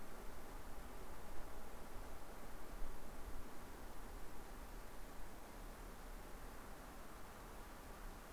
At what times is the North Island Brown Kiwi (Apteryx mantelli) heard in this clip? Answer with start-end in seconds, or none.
none